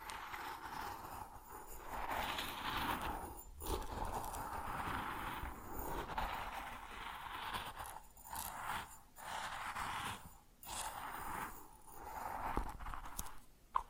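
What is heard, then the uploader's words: Grain pours and shifts in dense rustling swells, briefly pausing near 3.5, 8, 10.5 and 12.5 seconds before resuming. ASMR Grain Sounds (No Talking).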